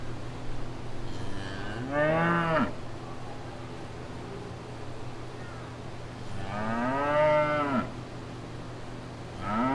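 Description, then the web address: Cow: cattle lowing with two drawn-out arched moos about five seconds apart and a third beginning at the end, a constant low drone underneath. Cow at fair grounds with people around. "Blastwave ANIMALS Cow Fair Grounds"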